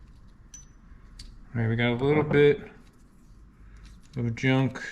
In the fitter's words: make sure it's all sat down in there you'll hear it click